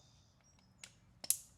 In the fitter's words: Just line it up till it clicks.